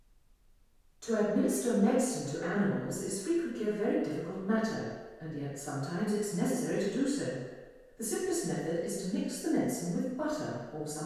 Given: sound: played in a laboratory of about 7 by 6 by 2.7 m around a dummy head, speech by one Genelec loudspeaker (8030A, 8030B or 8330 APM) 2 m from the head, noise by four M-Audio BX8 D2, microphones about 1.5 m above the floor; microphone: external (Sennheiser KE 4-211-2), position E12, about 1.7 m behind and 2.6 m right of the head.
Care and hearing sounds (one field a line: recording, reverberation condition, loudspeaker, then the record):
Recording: female speech in English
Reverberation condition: high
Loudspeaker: 120 degrees to the left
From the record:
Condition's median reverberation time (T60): about 1300 ms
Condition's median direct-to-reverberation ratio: about -4.0 dB